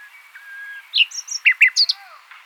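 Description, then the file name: Common nightingale song fragment: a soft whistled note, then a run of loud sharp chirps and slurred notes over about one second. "Luscinia megarhynchos"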